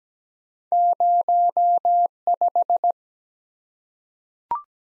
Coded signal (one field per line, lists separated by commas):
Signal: Morse code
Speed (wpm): 17 wpm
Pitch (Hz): 700 Hz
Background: none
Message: 05